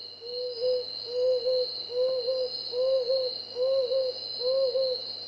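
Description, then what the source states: Marbled frogmouth giving soft double-noted hoots, repeated roughly once a second in a steady series, against a continuous high insect buzz. Papua New Guinea.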